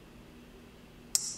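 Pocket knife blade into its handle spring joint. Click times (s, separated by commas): 1.2 s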